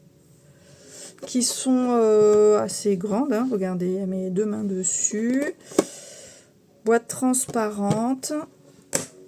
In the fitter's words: Un petit clic là et, euh, franchement, elles sont pas mal.